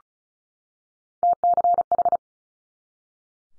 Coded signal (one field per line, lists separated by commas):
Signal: Morse code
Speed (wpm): 36 wpm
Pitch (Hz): 700 Hz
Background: none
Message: TCH